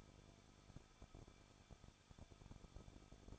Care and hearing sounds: daily activity, microphone in the room; no activity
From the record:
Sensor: 5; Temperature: 20.7 degrees Celsius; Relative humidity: 38.6%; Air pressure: 1006.5 hPa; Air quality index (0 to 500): 191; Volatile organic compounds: 20 ppm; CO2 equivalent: 2701 ppm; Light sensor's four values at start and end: 2/3/1/1 and 2/3/1/1

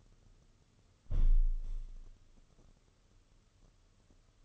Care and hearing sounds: daily activity, microphone in the room; close window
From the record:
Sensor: 4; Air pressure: 995.2 hPa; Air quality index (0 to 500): 189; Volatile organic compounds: 110 ppm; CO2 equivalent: 3818 ppm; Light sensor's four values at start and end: 5/10/4/4 and 4/9/3/4

